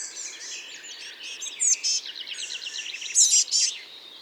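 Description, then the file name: Eurasian blue tit calls: a busy, overlapping chatter of thin, high twittering notes and buzzy trills, with several louder sharp bursts. "Cyanistes caeruleus"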